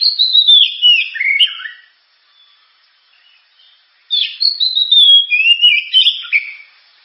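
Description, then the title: Oriental magpie-robin song: two energetic bursts of descending whistles and scratchy notes, separated by about two seconds of near silence. Loud, sharp 'gacor' (constantly singing) kacer song, described as suited for use as 'pancingan' to prompt other birds to sing. "Kacer Gacor Suara Tajam. Kacer Gacor Suara Super Kenceng Cocok untuk Pancingan"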